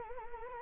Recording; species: mosquito wingbeat signal from an infrared sensor; Anopheles arabiensis